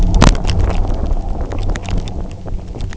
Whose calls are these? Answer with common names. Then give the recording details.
none. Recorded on Arctic tundra, site UTQI-0, on 29 June 2018. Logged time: 08:00